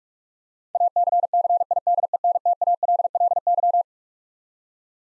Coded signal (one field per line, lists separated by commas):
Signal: Morse code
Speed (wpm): 41 wpm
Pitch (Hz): 700 Hz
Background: none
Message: ACCIDENTALLY